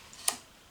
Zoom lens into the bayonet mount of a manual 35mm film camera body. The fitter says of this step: and it's clicked into place all right so